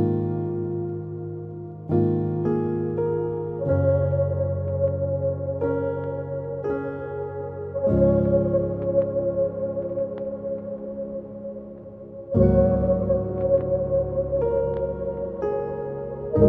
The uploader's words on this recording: As the record spins slowly, it opens a doorway to a soft and nostalgic standup piano.